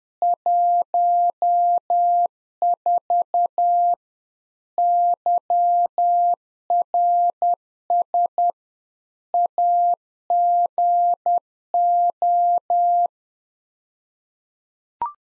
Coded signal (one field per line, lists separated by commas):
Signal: Morse code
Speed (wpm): 10 wpm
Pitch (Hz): 700 Hz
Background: none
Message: 14 YRS AGO